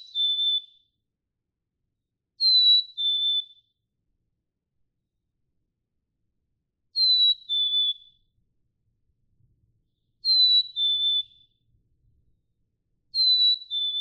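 Black-capped chickadee song: clear two-note whistles, the first higher and the second slightly lower, repeated several times at irregular intervals.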